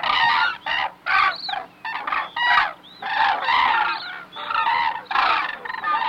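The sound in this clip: Hooded crane calls, a dense, loud chorus of overlapping bugling notes with some rising slurred calls, in repeated bursts.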